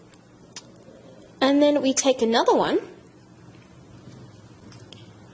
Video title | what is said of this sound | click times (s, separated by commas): Build Botticelli DrG4 | So it should click when it gets in. | 0.6 s